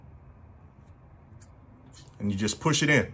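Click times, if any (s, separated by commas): none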